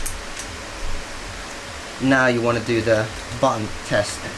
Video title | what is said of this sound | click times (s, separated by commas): One-handed DualSense (How it fits / works) PlayStation 5 Controller for Accessibility | And then you're going to require some force here. Yep, until you hear a click. | 0.1 s